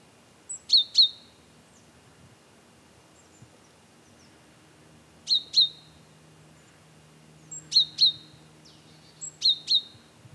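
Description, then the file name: Great tit call pairs, four bright doubled notes spaced irregularly throughout, a faint low hum underneath. "Parus major"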